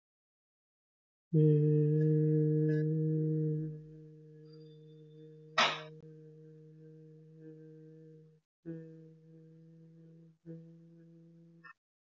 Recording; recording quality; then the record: sustained vowel as in made; excellent, no background noise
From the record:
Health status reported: healthy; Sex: male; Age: 22 years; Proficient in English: yes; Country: India